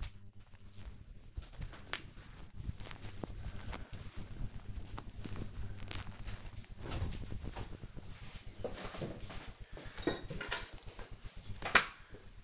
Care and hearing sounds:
household activities, microphone on the right wrist
10.32-12.43 s: floor cleaning

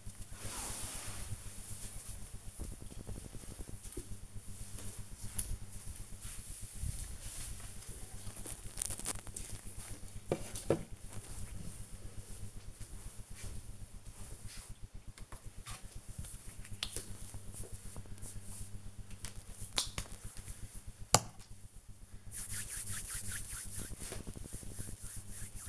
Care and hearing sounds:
household activities, microphone on the right wrist
14.42-25.68 s: cream hands

